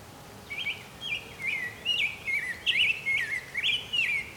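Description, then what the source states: Ovenbird song: a chant of two-part high notes repeated in quick succession, growing steadily louder, over a soft background hiss. Heard in the distance on the right.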